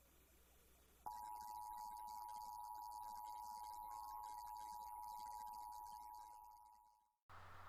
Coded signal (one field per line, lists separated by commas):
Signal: Emergency Alert System (SAME) tones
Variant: 853 and 960 Hz attention tone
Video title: What is? The Emergency Alert System